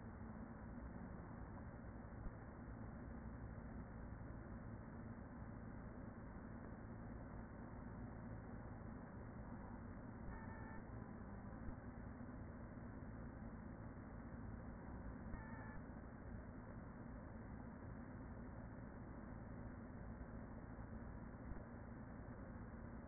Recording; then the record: honeybee colony, microphone inside the hive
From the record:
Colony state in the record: queen present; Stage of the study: after two queens were removed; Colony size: about 40,000 bees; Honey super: no